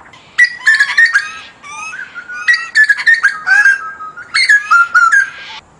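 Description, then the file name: Hooded butcherbird song: clear fluting whistles mixed with squawky harmonic notes, delivered in several bursts. "jagal papua kicau omkicau"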